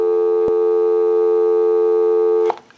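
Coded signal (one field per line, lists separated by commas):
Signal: telephone call progress tone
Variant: North America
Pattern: dial tone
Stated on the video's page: Heard on a Princess rotary dial telephone during initial checkout and repair.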